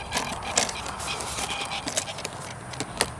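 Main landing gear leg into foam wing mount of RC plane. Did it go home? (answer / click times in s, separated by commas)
no / none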